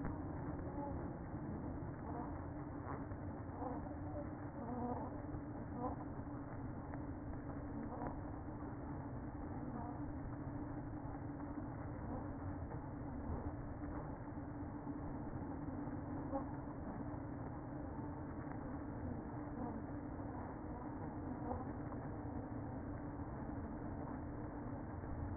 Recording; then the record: honeybee colony, microphone inside the hive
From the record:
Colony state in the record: queen present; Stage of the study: after two queens were removed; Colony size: about 60,000 bees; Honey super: yes